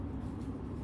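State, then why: Not seated. A canopy hinge on the frame of an R for Rabbit Street Smart 360-degree rotatable kids stroller is handled while the canopy is being unfolded, heard only as a steady low rumble with no distinct clicks. Nothing has seated or clicked yet; the canopy has not locked open by the end of the clip.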